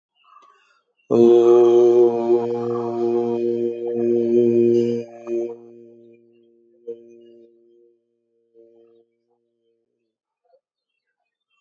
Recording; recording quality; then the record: sustained vowel as in boot; excellent, no background noise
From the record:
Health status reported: healthy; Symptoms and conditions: none ticked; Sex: male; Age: 71 years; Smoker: not ticked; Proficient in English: yes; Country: India